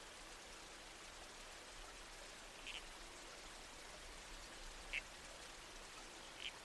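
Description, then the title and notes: Red-crowned toadlet, three brief rasping calls spaced a couple of seconds apart over a steady wash of flowing water. Nighttime soundscape in the bush with a babbling creek and trees swaying in the wind, from a nocturnal-wildlife series supported by the Australian Museum. "Red-Crowned Toadlet. Nocturnal Worlds"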